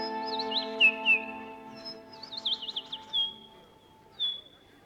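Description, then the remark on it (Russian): A songbird sings a series of bright, warbling chirps and quick trilled phrases, high-pitched and lively, over a faint steady hum, with short pauses between bursts. “Какой-то с молоду скворец так печь щегленком научился, как будто бы щегленком сам родился.”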